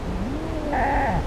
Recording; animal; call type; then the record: contact call of a hoofed animal; goat; low-frequency (closed-mouth) or high-frequency (open-mouth) call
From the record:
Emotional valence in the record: negative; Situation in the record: short social isolation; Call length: 1.27 s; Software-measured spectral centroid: 1470 Hz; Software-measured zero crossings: 1180 a second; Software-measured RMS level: -24 dBFS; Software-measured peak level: -10 dBFS